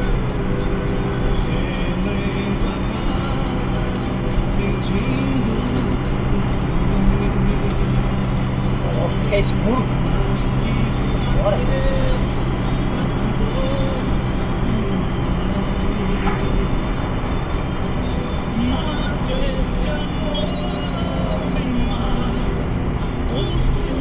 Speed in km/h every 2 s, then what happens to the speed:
101, 102, 103, 103, 103, 102, 100, 98, 96, 95, 93, 90.
0-8 steady at about 103. 8-24 slows to 90.